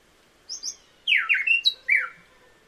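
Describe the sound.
Buff-breasted wren singing a brief phrase: a pair of thin high notes, then bright descending whistles and a final slurred note, clear over a quiet background.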